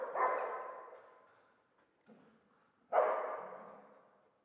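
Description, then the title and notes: Dog gives two harsh barks about three seconds apart, with a faint brief sound between them. Old dog stuck in the pool/basin of the dilapidated Palais El Glaoui courtyard, Fès, Morocco; full sun, circling, rearing on hind legs, barking at visitors; recorded with Zoom F3 and ORTF microphone. "Fès, Fès-Meknès, Maroc - le chien du palais El Glaoui. Dans la cour du palais (en décrépitude avancée), un vieux chien est "prisonnier" dans le bassin/piscine. Il se dresse sur ses pattes arrières pour entrevoir quelques secondes ce qui se passe dans la cour et "invective" les visiteurs de ses aboiements. JF CAVRO"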